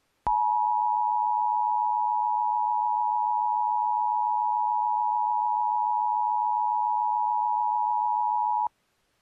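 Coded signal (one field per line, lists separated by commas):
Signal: Emergency Alert System (SAME) tones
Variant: 853 and 960 Hz attention tone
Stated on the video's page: EAS alarm test recreation taken from a national EAS test broadcast.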